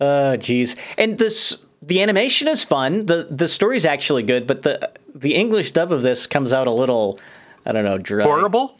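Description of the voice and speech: A man speaks casually in a small room, with a mid-low pitch, lively intonation and fluent phrasing broken by brief natural pauses and a hesitant filler. Voice quality is clear, with no stuttering, slurring or hoarseness: ordinary conversational adult speech.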